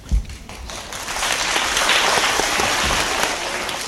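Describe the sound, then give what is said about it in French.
A theatre audience applauds the actors after they have sung their airs at a lyric stage show, a dense, steady wash of many hands clapping that swells after a few isolated claps at the start and holds loud throughout. “Et bien sûr, on applaudit très fort les acteurs quand ils ont chanté leurs airs.”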